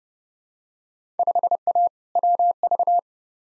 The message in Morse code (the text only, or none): 5A WV